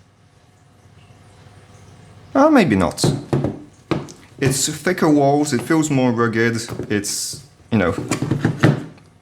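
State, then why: Not seated. Someone talks about a Flyht Pro WP Safe Box 9 IP65 plastic waterproof hard case while handling it, with a few short knocks and thumps between the words. The case latch is being worked toward the lid, but nothing has snapped shut or seated yet.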